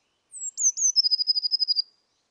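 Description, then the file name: Eurasian blue tit phrase, high and thin: a descending whistle, two short slurred notes, then a quick ringing trill of about a dozen pulses. "Cyanistes caeruleus"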